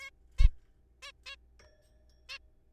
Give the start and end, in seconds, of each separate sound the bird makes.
0.01-0.10, 0.38-0.48, 1.02-1.12, 1.26-1.36, 2.29-2.38